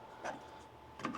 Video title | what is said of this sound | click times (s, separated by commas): 3.0 Duramax PPE Catch Can Install | see if there's any crap inside there that's a nice screen mesh make sure that clicks back in | 1.1 s